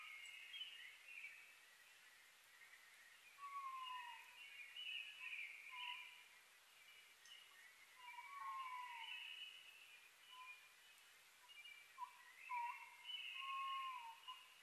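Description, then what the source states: Oriental scops owl giving several short falling whistled notes spread through the stretch, over a steady high-pitched background chorus. Recorded 21 May 2011 at 19:12; Japanese name konohazuku.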